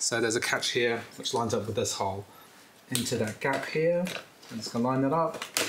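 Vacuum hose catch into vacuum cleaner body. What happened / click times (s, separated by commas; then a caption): Handled, not yet home: no seating click / none. A plastic catch on a new replacement hose for a Dyson DC24 vacuum cleaner is being lined up with a hole and gap in the vacuum body while someone talks, with faint handling sounds. The clip ends before the hose is pushed in, so nothing has seated or clicked yet.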